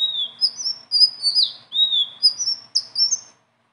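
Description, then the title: Leafbird song: high, sweet whistled notes sliding down and up, delivered in quick phrases with short pauses, without other sounds. Continuous rolling song (gacor, ngeroll) filled with varied phrases (isian); tutor song (masteran) for training other birds. "BURUNG SELENDANG BIRU GACOR NGEROLL ISIAN"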